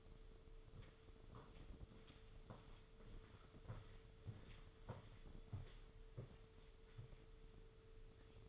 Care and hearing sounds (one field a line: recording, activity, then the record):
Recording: daily activity, microphone in the room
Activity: walk to room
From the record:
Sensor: 4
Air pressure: 995.3 hPa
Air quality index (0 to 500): 201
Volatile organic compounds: 156 ppm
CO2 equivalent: 4048 ppm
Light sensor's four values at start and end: 26/84/31/32 and 26/84/31/32